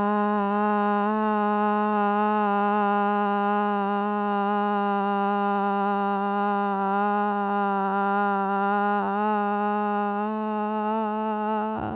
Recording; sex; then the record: sustained vowel /a/; female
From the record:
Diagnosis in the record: Parkinson's disease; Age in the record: 54 years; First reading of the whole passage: 55 s, 9.4 characters per second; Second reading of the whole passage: 50 s, 10.4 characters per second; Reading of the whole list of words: 55 s, 5.1 characters per second